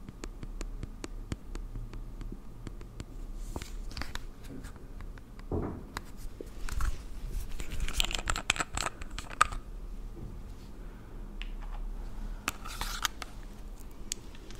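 Makeup being applied to a face, heard up close from the first person: quick ticks and taps scattered throughout, with soft brushing and squishy swipes in bursts around 4, 6–7, 8–9.5 and 12.5–13.5 seconds. A low, steady hum stays underneath the whole time.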